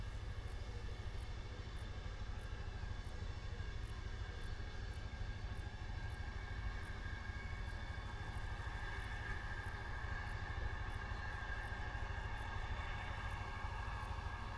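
A steam train idles at a country station, its steady low rumble and hiss unbroken, with faint regular ticking clicks high above.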